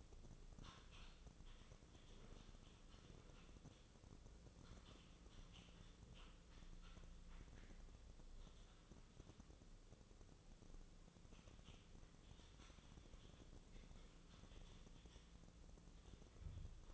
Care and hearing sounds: daily activity, microphone in the room; typing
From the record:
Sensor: 4

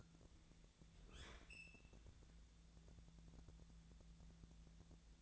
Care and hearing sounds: daily activity, microphone in the room; open fridge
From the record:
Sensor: 3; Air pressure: 1000.0 hPa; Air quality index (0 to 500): 133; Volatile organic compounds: 2 ppm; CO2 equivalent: 1184 ppm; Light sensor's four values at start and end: 41/106/45/49 and 42/106/45/49

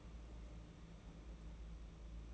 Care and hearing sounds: daily activity, microphone in the room; place on stove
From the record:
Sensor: 1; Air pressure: 991.9 hPa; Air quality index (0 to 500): 216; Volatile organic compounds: 1000 ppm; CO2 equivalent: 8424 ppm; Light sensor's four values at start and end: 21/75/29/29 and 21/75/29/29

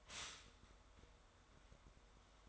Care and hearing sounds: daily activity, microphone in the room; stop toaster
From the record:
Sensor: 3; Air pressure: 1014.7 hPa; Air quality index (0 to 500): 203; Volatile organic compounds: 28 ppm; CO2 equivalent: 2902 ppm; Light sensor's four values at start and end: 4/10/3/4 and 4/10/3/4

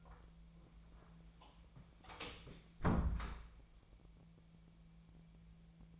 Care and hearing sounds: daily activity, microphone in the room; close door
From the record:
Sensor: 1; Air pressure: 1000.4 hPa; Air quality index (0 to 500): 183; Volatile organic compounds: 4 ppm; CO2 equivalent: 1688 ppm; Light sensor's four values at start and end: 13/31/13/15 and 13/31/13/15

